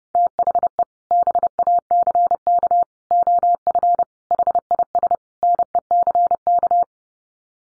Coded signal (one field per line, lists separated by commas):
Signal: Morse code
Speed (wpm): 30 wpm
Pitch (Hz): 700 Hz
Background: none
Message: THE BACK OF HIS NECK